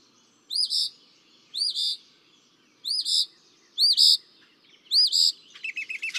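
Northern mockingbird song: a rising-falling whistled note followed by a rough burst, repeated about once a second, ending in a quick series of lower chips.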